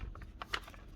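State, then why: Seated. A replacement battery retainer (terminal holder) is pressed down into the plastic housing of a Bosch GBH36VF-LI cordless hammer drill during a repair for a drill that keeps stopping. Soft plastic taps come at about 0.2 and 0.4 s, then a sharper click at 0.5 s as the retainer seats in place.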